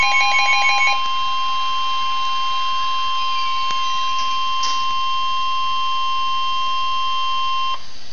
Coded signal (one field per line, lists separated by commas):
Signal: Emergency Alert System (SAME) tones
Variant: 1050 Hz attention tone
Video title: EAS Alert #96